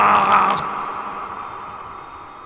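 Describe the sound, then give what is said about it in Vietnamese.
A monstrous butterfly lets out a fierce roar that bursts out loud and raspy for about half a second, then trails off into a long, fading rumble with no voices. “Nó gầm lên hung dữ.”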